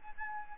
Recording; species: mosquito wingbeat signal from an infrared sensor; Aedes albopictus